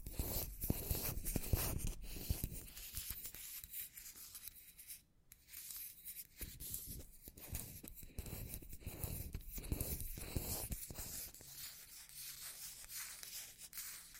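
Scratchy tapping on hard matte surfaces, with dense, uneven bursts of scraping and quick taps throughout. Busy passages in the first few seconds and again around eight to ten seconds; a brief silent gap near five seconds. A faint steady hiss runs underneath.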